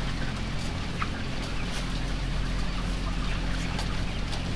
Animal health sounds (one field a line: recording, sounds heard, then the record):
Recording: poultry house recording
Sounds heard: healthy chickens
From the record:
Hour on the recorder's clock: 11